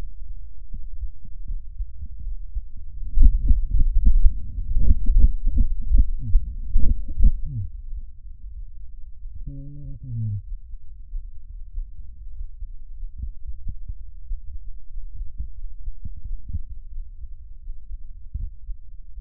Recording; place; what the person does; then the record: lung sounds by stethoscope; right anterior apical chest; quiet breathing, then cough and speech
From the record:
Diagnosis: COPD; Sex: male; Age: 59 years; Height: 171 cm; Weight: 91.4 kg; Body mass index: 31.3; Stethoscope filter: bell mode